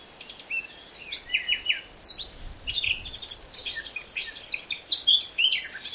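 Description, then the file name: Eurasian blackcap song, a quick run of varied high warbled and chirping notes in short bursts. "Sylvia atricapilla"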